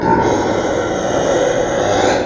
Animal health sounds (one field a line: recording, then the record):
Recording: squeal of a Yucatan mini pig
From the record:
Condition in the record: before surgery on the right vocal fold (resection and tissue-engineered implant)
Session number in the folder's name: 1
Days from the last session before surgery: -21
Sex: female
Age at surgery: 19 weeks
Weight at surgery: 25 kg